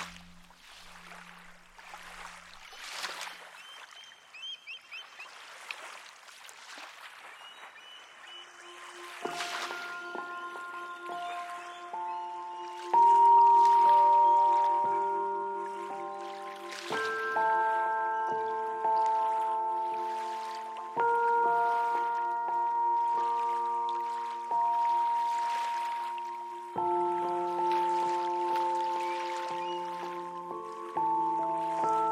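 Soft lapping river water splashes throughout, joined after nine seconds by slow, ringing piano chords struck every few seconds over low, sustained drones.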